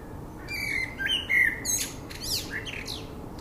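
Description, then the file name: Common blackbird song: rich, slurred flute-like whistles running into a jumble of high, scratchy twittering notes. "Turdus merula"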